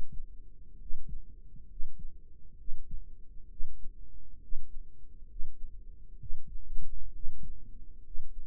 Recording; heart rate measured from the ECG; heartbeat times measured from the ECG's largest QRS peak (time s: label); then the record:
heart sounds by microphone in the right ear; 66 bpm
0.80 s: heartbeat
1.70 s: heartbeat
2.58 s: heartbeat
3.50 s: heartbeat
4.42 s: heartbeat
5.30 s: heartbeat
6.20 s: heartbeat
7.14 s: heartbeat
8.05 s: heartbeat
From the record:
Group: healthy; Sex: male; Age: 30 years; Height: 188 cm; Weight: 110.2 kg